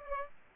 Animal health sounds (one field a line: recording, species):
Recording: mosquito wingbeat signal from an infrared sensor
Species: Aedes aegypti